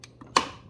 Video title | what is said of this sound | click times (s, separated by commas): HOW TO SET HIGH ALTITUDE SETTING Keurig K-Elite Coffee Maker K Cup Pod Brewer | okay i heard it pop i just punctured the bottom of the cake up now i'm gonna pull it up | 0.4 s